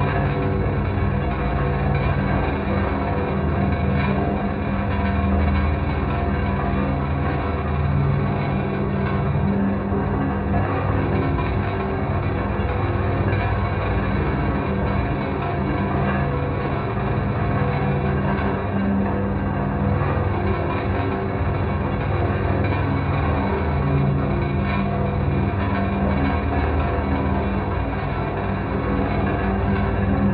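Steady low brown noise with a metallic, room-like ring, dense and unchanging throughout, rumbling like an engine, with faint tones above.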